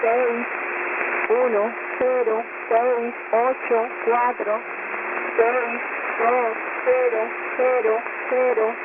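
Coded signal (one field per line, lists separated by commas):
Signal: numbers station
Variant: HM01, Spanish female voice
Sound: female voice reading Spanish numbers over noisy shortwave radio with faint steady tone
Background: radio static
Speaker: I am now going to play you a short clip of what HMO1 sounds like. Enjoy.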